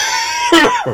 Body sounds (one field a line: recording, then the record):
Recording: coughing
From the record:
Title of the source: Dry Coughing Fit in the Afternoon.